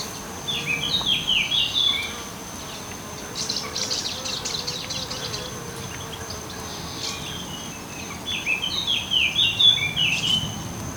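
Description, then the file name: Eurasian blackcap: two bursts of quick warbled notes, one near the start and one near the end, with a steady high tone throughout. "Sylvia atricapilla"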